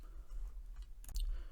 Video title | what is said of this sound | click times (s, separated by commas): Dell G7 (Or and 2019 G series) Laptop teardown. Liquid Metal and new thermal paste replacement. | little metal arms are automatically going to grab the RAM and keep it in once you've heard the click the Rams installed you're done so | 1.0 s, 1.1 s, 1.2 s